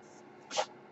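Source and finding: Home mechanical ventilator. Mechanical ventilator breath sound.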